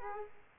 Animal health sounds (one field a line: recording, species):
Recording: mosquito wingbeat signal from an infrared sensor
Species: Aedes aegypti